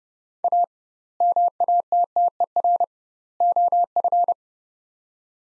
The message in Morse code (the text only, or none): A MATTER OF